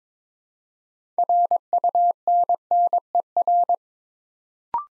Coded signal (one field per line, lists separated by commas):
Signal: Morse code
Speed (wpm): 22 wpm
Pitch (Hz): 700 Hz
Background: none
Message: RUNNER